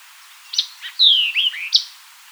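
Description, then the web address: White-eyed vireo delivering a single brisk phrase: opening chip, brief buzz, descending whistled slurs, closing sharp chip. "White-eyed Vireo 2007 01 04 White-eyed Vireo 02"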